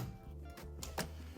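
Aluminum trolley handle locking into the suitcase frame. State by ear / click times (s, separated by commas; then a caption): not seated / none. The aluminum telescoping trolley handle of a Sterling Pacific 35L aluminum carry-on suitcase, still in good shape after a year of use, is moved toward its locked position in the suitcase frame. A steady low hum runs under two brief sharp sounds near 0.8 s and 1.0 s. The clip ends before the handle is home, so nothing has seated or clicked yet.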